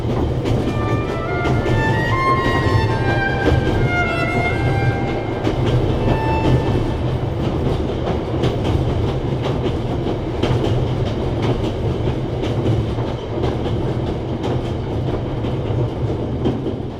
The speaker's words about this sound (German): Es gibt so viele Züge, so unendlich viele Züge. Ich bin jetzt Reisender. Ich reise in Zügen, die durch Deutschland fahren.